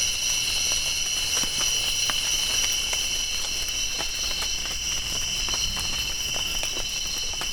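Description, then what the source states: Crickets calling in an unbroken, high, ringing drone of several steady tones, with scattered raindrop taps and patters throughout. Crickets calling while raindrops fall.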